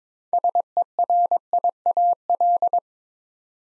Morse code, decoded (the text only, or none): SERIAL